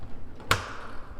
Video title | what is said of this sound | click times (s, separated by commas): Air Exchanger Maintenance: The Lungs of Your Home | push to the right so that you hear a clunk you know that they've been securely fastened | 0.5 s